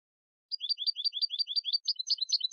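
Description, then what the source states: European goldfinch singing a series of quick chirping notes with a lilting rhythm, shifting to varied tinkling syllables near the end. Clean goldfinch song on a CD for birds to copy.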